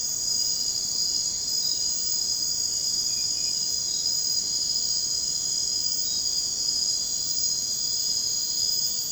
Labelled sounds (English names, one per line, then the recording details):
none
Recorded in secondary vegetation near Puerto Asís, Putumayo, Colombia, on 13 March 2025 at 01:30
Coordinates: 0.484, -76.319
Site G010